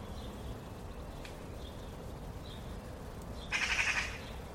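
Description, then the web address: Bird producing a brief burst of rapid, rattling chatter near the end, after several seconds of quiet hiss with faint notes. "cianscape birddata Deverinetal"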